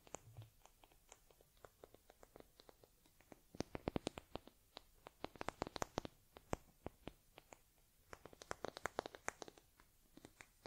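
Teddy-care sounds, likely fur combing and brushing, come as a stream of sharp little clicks and scratches over a very quiet bed. The taps are sparse at first, then grow dense and louder from about four to six seconds, and again after eight seconds.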